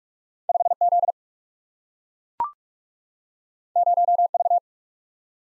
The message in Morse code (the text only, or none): 5Z 0V